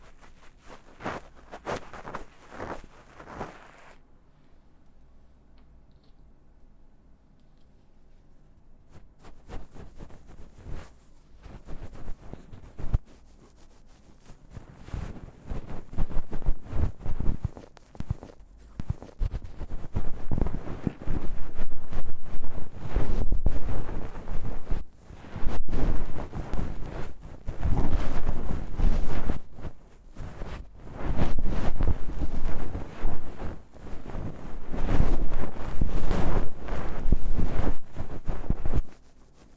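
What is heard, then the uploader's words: Ear cleaning: scratchy rubbing and crackling sounds fill the clip after a near-silent pause around 4 to 9 seconds. From about 15 seconds the scraping grows louder and denser, coming in uneven rushes with deep, muffled rumbles against the mic. ASMR×KU100. Ear Cleaning.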